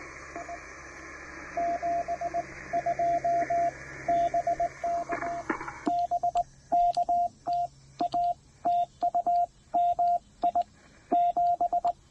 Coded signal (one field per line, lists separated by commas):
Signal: Morse code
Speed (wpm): 20 wpm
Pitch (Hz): 700 Hz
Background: radio noise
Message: I 72 BK BK TA TU MI 7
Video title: Brilliant Trailside POTA with the TR-45L and PackTenna Random Wire at Lake Norman State Park!